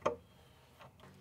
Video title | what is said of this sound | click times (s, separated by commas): Groovy 1970's Furniture Gets A Refinish - Vintage Furniture Restoration & Repair | well even after lowering this latch it's still not latching very tightly it's still not low enough | 0.1 s